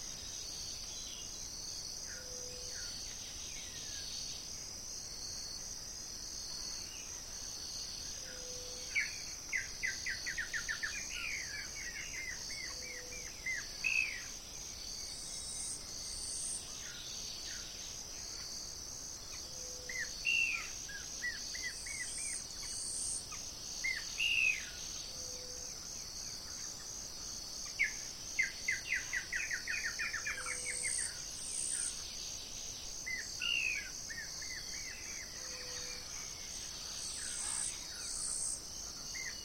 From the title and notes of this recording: Frequency & Nature Sounds "Birds". In the early morning hours, listen to the enchanting chirping of birds from the depths of the forest.